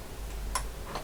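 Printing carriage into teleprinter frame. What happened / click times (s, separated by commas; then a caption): Metal carriage being moved, not yet locked home / none. The metal printing carriage of a vintage Creed 7B Mark 1 teleprinter is being swung forward into the teleprinter frame. A sharp tick sounds at about 0.55 s and a fainter one near 0.95 s over a quiet background. Nothing has seated or locked into place yet.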